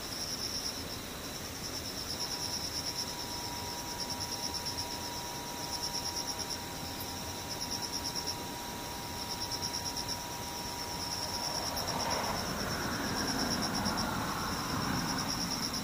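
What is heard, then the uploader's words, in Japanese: Cicadas and insects keep up a steady, shrill, finely pulsing buzz through the whole clip. A faint thin whine holds from about 2 to 12 seconds. Near the end a rushing, vehicle-like swell rises underneath and grows slightly louder. セミムシ。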